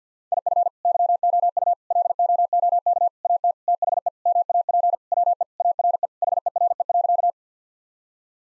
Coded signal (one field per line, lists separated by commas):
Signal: Morse code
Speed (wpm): 50 wpm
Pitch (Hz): 700 Hz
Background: none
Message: IF YOU LOOK AT THE MAP WE ARE HERE.